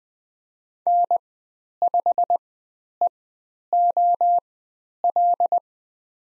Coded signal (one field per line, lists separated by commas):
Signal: Morse code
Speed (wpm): 20 wpm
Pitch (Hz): 700 Hz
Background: none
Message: N5EOL